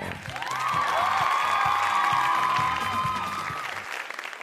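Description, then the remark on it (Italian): Steady, dense applause from a crowd, with a sustained whistle-like cheer riding over it and a regular thumping pulse underneath, swelling quickly and fading toward the end. “Complimenti alla Regione Lazio, anche stavolta un applauso, non glielo leva nessuno.”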